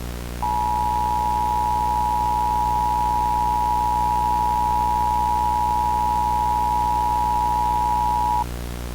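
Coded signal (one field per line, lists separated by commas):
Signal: Emergency Alert System (SAME) tones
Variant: 853 and 960 Hz attention tone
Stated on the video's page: Fan-made fictional EAS scenario, not intended for broadcast.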